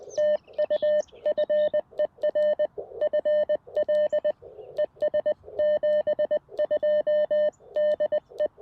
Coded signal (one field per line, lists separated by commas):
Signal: Morse code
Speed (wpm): 20 wpm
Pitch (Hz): 600 Hz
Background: none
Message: TU FER FL ES 72 DE